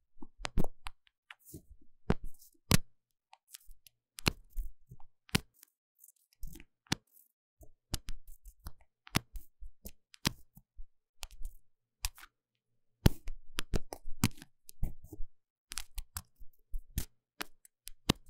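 Deep cleaning of a microphone's ears, heard as irregular sharp clicks and crackly scratching in uneven bursts. Brief silences separate the clusters, and the busiest, loudest stretch comes after about 13 seconds, with a few louder single snaps scattered throughout.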